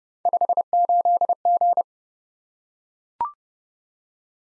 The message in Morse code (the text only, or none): 58G